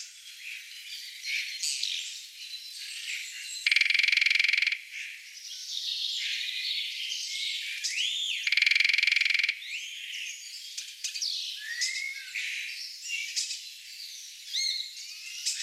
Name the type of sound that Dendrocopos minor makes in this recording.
drumming